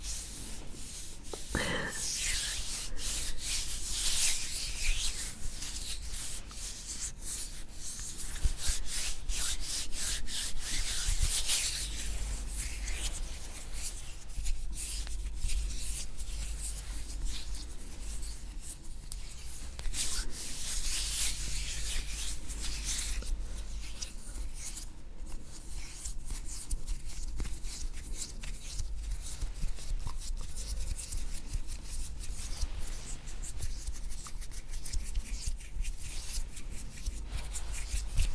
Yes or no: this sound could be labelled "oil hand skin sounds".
yes